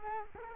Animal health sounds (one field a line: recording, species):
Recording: mosquito wingbeat signal from an infrared sensor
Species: Culex quinquefasciatus